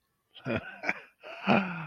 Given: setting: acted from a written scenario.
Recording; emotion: vocal sound without words; elation